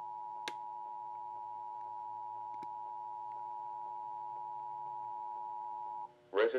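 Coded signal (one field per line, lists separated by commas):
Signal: Emergency Alert System (SAME) tones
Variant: 853 and 960 Hz attention tone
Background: speech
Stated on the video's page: Civil emergency message relayed on a station using Sage Endec, EASyPLUS and TFT units; demonstration, not a real broadcast alert.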